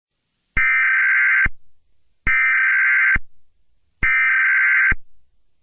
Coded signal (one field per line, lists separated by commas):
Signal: Emergency Alert System (SAME) tones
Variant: header bursts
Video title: EAS Scenario (The Piggy Infection Outbreak Remastered) Teaser #1